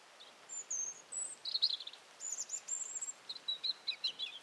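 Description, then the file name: European robin giving a continuous stream of thin, high whistled notes and tinkling twitters, fairly soft throughout. "Erithacus rubecula"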